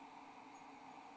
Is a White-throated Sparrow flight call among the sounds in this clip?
no